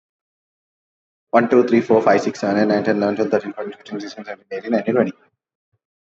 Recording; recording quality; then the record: counting at a fast pace; excellent, no background noise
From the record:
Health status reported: COVID-19 positive, mild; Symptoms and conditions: cough, cold, muscle pain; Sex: male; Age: 25 years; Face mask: not worn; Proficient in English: yes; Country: India